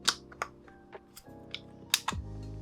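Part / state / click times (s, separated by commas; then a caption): plastic shell into foam blaster / seated / 1.9 s. A thumb keeps pushing a plastic shell into a Spring Thunder foam toy blaster shotgun, with a few small clicks and taps along the way over a steady tonal background. A sharp second click at 1.9 s marks the shell seating home.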